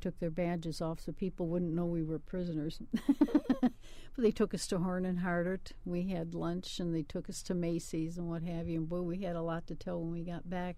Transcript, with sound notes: They took their badges off so people wouldn't know we were prisoners. [Laughs] They took us to Horn and Hardart. We had lunch, and they took us to Macy's and what have you and boom, we had a lot to tell when we got back.